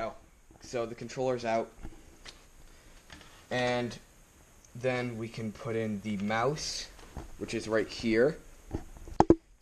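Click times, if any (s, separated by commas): 9.2 s, 9.3 s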